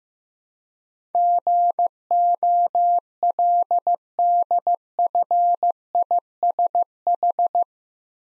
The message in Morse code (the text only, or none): GOLDFISH